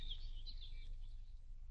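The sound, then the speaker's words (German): Faint, high-pitched birdsong: a few quick chirps and warbling trills that run together, carried over a steady low rumble, with no voices. “Vogelstimmen.”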